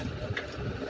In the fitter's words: உங்களுக்கு டவுட் ஆயிடுச்சு கூட இந்த மாதிரி லாக் பண்ண கூட இந்த மாதிரி பாருங்கள், லாக் ஆயிரும்.